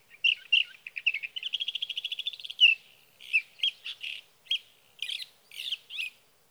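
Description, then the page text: Sage thrasher song: a few notes, a fast trill of repeated notes, then a series of separate warbled phrases. Male singing near his night roost through three nights, evening of June 12 to morning of June 15, 2018, Sierra Valley, California; recorded with a Swift recorder; night songs. "Birdsong for the Curious Naturalist: Explore #7. 61. Sage thrasher songs, through the night. For three nights, from the evening of June 12 to the morning of June 15, 2018, in Sierra Valley, California"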